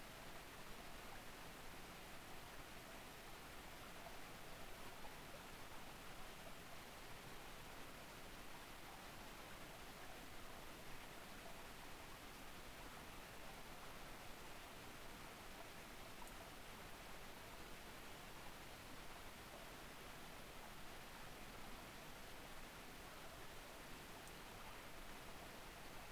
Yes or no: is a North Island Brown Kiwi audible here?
no